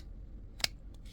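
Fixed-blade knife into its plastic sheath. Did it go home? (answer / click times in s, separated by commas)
yes / 0.6 s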